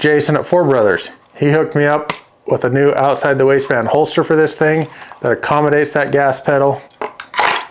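A pistol is pushed into a gray polymer outside-the-waistband holster made to accommodate its gas pedal while someone talks. A sharp click sounds at 7.0 seconds as the retention engages, and the pistol seats in the holster.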